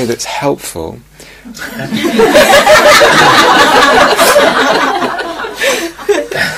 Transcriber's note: laughter